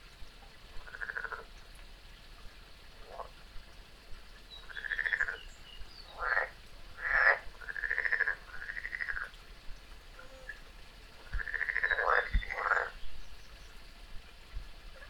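Frog croaks: drawn-out, arching notes given irregularly, sometimes in quick pairs, over a steady low background hum and faint higher chirps.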